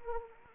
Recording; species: mosquito wingbeat signal from an infrared sensor; Anopheles arabiensis